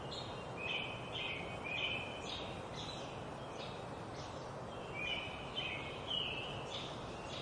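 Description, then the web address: American robin song of bright, slurred whistled phrases with short gaps between them, over steady background hiss. Sung at dawn in a forest at Tuolumne Meadows, Yosemite. "robbin welcomes dawn in tuolumne meadows forest yosemite"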